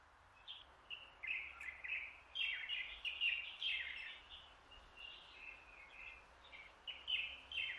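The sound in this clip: Bird warbling softly in rising and falling chirpy phrases, fairly faint against a steady low hum and background hiss.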